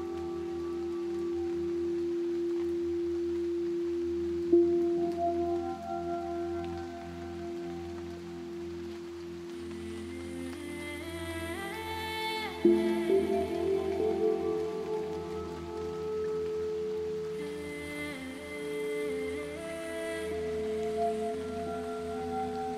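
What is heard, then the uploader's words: Soft rain sounds lie under ambient music built on a long, steady tone with a ringing, bowl-like quality. The tone is struck afresh at about 4 and 13 seconds, and brighter shimmering notes rise and fade in the middle and again near 18 seconds. Rain Sounds And Ambient Music: Soundscape For Sleep.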